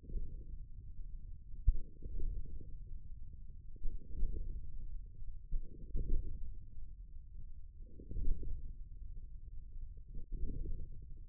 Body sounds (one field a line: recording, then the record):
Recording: forearm muscle sounds (acoustic myography)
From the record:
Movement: radial deviation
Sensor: system 1, eight BSWA MPA416 microphones around the upper forearm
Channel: 6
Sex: male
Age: 41 years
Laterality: right